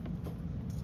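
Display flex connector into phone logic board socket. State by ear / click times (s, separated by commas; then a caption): not seated / none. A phone screen's display flex cable connector is handled over its logic board socket, heard as a faint short tick near the start over a steady low hum. Nothing has seated or clicked yet; the connector is not yet home.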